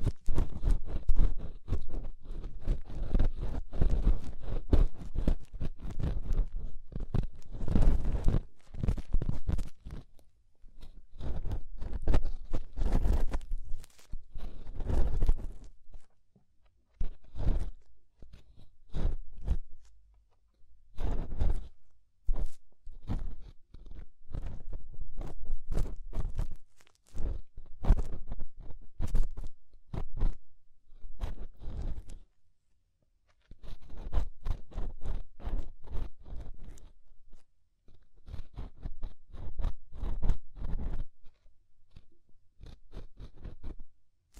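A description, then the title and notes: Close, dry scraping in and around the ear comes in dense bursts of short crunchy strokes, fast and uneven. Pauses open up around 10, 16–17, 20 and 33 seconds, and the sound is intimate and near, with deep rumbly thuds under crisp rustling. Inner and Outer Ear Scraping (No Talking).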